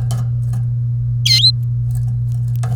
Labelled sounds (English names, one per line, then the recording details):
Domestic Canary song
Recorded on 30 April 2018 at 12:31
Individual llb3